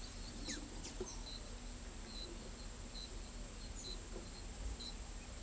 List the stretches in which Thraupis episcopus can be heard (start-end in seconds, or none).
0.44-0.59